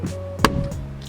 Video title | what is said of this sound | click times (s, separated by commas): Toyota Rav4 LED Install - 4th Gen 2013-2018 (MY2013) | And you hear that snap | 0.5 s